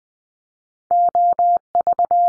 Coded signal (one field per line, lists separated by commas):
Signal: Morse code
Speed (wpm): 20 wpm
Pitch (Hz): 700 Hz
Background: none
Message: OV